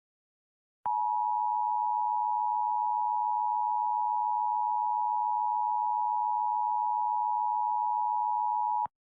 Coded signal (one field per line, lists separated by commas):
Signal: Emergency Alert System (SAME) tones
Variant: 853 and 960 Hz attention tone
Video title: [THIS IS SCARY AS FREAK] Leni Loud Reacting To: EAS Scenario: The Grieving (Pt. 1)